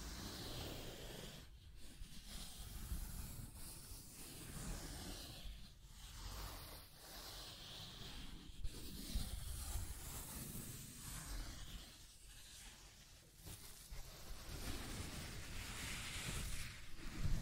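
Steady scratching and tracing, a dense, rough, hissing rasp that runs almost without a break. The strokes swell and fade in a loose rhythm, with brief lulls about every two seconds where the pen or tool seems to lift before dragging again.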